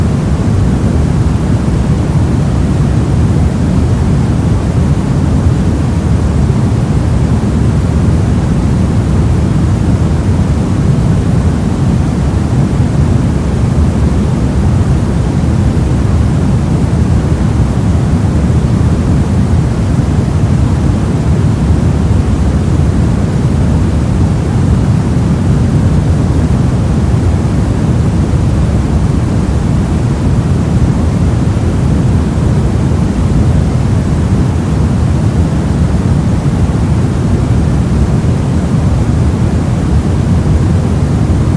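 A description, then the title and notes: Soft white noise holds perfectly steady throughout, a dense, deep rumbling hiss weighted toward the low end with only faint, muffled highs. Soft White Noise.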